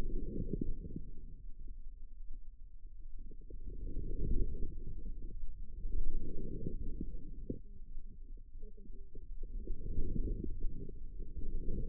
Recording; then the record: forearm muscle sounds (acoustic myography)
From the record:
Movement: inward rotation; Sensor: system 2, bracelet of six BSWA MPA416 microphones around the upper forearm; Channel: 4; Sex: female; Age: 25 years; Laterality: right